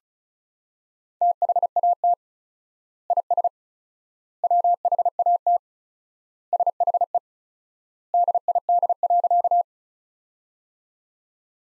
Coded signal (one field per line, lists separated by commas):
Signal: Morse code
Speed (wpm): 34 wpm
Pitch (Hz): 700 Hz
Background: none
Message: THAT IS WHAT SHE DID.